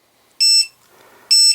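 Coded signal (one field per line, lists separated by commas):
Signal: beep code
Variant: Full Speed RC Lucky Box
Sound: two short shrill electronic beeps about a second apart, clip cut off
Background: faint low background noise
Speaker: press it once more the three beeps it only beeps every 30 seconds but that will do about 12 hours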